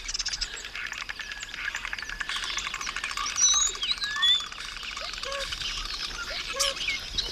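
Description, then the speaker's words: Common starling song, a dense mix of thin whistles, rising and falling slides and rapid clicking chatter, over steady background hiss. Starlings from a village in Segovia, Spain; starlings can sing with two voices at once, so three birds sound like forty. "Además, los estorninos tienen una capacidad de cantar a dos voces al mismo tiempo."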